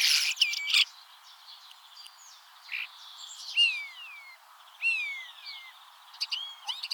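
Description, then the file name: Common starling song of clicks and rattles with clear slurred whistles that fall in pitch, several of them in sequence, ending with more clicking. "Stare"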